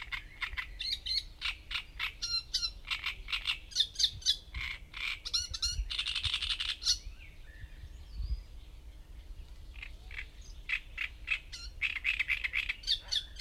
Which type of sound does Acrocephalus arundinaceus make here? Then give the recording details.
song. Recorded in the wild. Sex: male. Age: adult. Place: Gorinsee, Brandenburg, DE. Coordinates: 52.6889, 13.4711. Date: 1990-05-19 12:54. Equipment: Uher 4400 Report Monitor, Sennheiser MKH 416 T. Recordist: Frommolt, Karl-Heinz. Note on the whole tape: Gesang, Dauer ca. 10 min